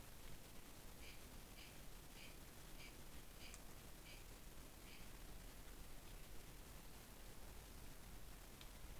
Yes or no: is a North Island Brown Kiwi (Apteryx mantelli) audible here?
no